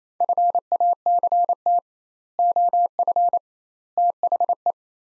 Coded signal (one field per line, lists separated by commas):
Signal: Morse code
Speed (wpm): 27 wpm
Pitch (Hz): 700 Hz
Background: none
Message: FACT OF THE